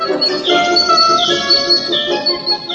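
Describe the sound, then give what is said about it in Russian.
A dense, continuous clamor of high, squeaky chirps and scolding squawks from two sparrow-sized male chaffinches fighting, jumping at and pecking each other, overlapping loudly with no pauses. “Ну и драчуны эти зяблики.”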